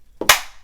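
A tanto fixed blade knife, the Roughneck from Very Good Knife Co, is pushed into its kydex sheath. A low thud at 0.2 s leads into a sharp, bright snap at 0.3 s, which rings out and fades. The knife locks securely in the sheath.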